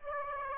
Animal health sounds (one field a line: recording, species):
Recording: mosquito wingbeat signal from an infrared sensor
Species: Aedes aegypti